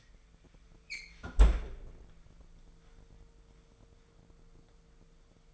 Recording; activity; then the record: daily activity, microphone in the room; close fridge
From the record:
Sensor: 5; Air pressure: 1015.0 hPa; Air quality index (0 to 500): 184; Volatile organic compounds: 7 ppm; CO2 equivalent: 2028 ppm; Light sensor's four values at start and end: 91/212/93/104 and 88/201/89/100